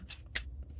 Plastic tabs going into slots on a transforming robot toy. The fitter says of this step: interlocking tabs that will lock into these these slots right here